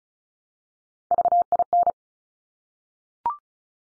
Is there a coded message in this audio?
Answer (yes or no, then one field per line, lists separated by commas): yes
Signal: Morse code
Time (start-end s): 1.1-1.9 s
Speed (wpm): 36 wpm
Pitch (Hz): 700 Hz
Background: none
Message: VIN